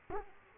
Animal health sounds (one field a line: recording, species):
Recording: mosquito wingbeat signal from an infrared sensor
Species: Culex quinquefasciatus